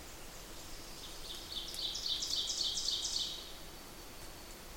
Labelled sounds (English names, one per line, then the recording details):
Ovenbird song
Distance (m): 40 m
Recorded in boreal forest in Alberta, Canada, on 8 June 2016 at 07:24
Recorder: SongMeter 3, array SBT-3-9
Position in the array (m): 51 m, 108 m
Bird 33